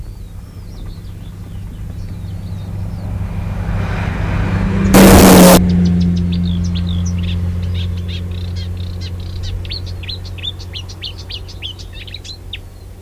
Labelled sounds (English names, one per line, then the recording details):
Marsh Warbler song
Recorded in the wild
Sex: male
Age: adult
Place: Wiesenthau, Bayern, DE
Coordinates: 49.7128, 11.1353
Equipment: Maihak, Original, Vollspur
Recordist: Tretzel, Erwin
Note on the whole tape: Männchen: Gesang. Imitationen/Elemente: Tauchertrillern (?), Stieglitz (mit "aia"), Schwanzmeisen, "fuid -taktak" und "fuid - krrr", "pink pink", "pink pink", Mehlschwalben, Meisenlaute, "huid huid", Grünling ("gück gück"), "wäd wäd" (? Grasmücke), kurz Feldlerche, "gä gä" (Würger (?)), "ädäläpi", Stieglitz, "huid tatata", Bachstelze ("zißiß"), Feldlerche, "pink pink", Feldlerche, Stieglitz. Keine genaue Datumsangabe - 1960, 1.Teil